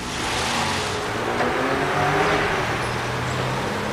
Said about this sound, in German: Ein Streifenwagen rollte durch die Burgstraße und hielt vor dem Haus, in dem Ute Fleming wohnte.